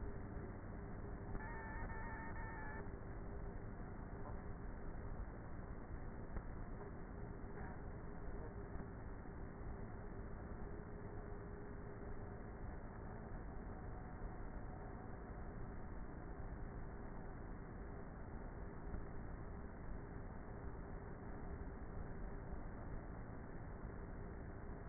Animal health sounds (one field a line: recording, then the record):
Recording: honeybee colony, microphone inside the hive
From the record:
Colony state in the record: queenless with a low population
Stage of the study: before two queens were removed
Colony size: about 30,000 bees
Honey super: no